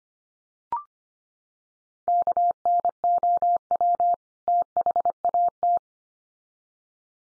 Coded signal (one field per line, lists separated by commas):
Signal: Morse code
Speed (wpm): 25 wpm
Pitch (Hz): 700 Hz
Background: none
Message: KNOW THAT